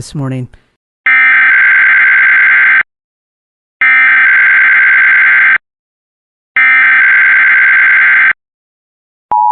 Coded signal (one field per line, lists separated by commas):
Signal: Emergency Alert System (SAME) tones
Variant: header bursts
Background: speech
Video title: Emergency Alert System - Required Monthly Test For San Francisco Bay Area (6/10/25)